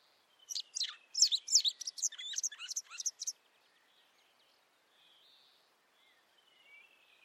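Bird calls: a rapid, busy run of high, squeaky chirps lasting about three seconds, then near silence with a faint thin whistle in the background.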